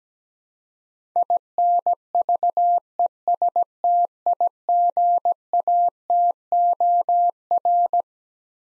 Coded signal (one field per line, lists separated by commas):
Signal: Morse code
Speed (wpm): 17 wpm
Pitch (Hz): 700 Hz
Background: none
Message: INVESTIGATOR